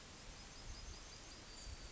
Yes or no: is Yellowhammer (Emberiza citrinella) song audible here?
yes